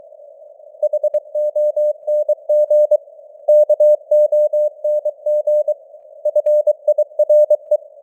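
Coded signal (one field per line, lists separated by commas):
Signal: Morse code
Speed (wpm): 23 wpm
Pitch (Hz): 600 Hz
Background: none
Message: HONG KONG FIRE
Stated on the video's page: Morse news headlines at 23 wpm with simulated radio noise and varying signal strength (QSB).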